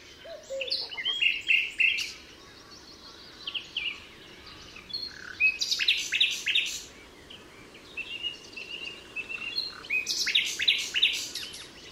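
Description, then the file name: Common nightingale song: scattered varied phrases, some whistled and some harsh rattling bursts, separated by short pauses. Recorded at Altmühlsee on 27 April 2014. "Nachtigall. Altmuehlsee. Susanne Rieck"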